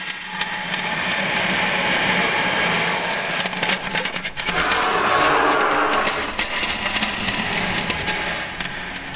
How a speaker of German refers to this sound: Wenn der Voralarm kam, dann hörte man schon von Ferne das Rauschen, das Brummen der Motoren am Himmel.